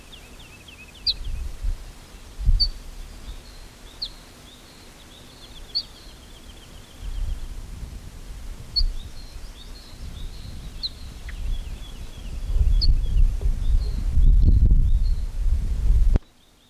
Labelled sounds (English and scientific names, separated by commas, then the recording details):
Ortolan Bunting (Emberiza hortulana) aggressive call
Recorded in the wild
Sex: male
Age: adult
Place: Schloß Holte-Stukenbrock, Senne, Nordrhein-Westfalen, DE
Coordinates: 51.8711, 8.6625
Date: 1967-05-04
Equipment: Uher 4000 Report-S, Bändchenmikro Beyer M 260, Parabolspiegel Polyester (470 mm)
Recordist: Conrads, Klaus